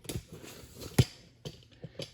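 A metal transmission piece for a Mustang transmission rebuild is pressed back onto the transmission assembly, making short knocks and taps with the loudest knock near 1.0 s and softer ones near 0.1, 1.6, 1.7 and 2.0 s. Its tabs have not dropped into their grooves, and nothing has seated or clicked yet.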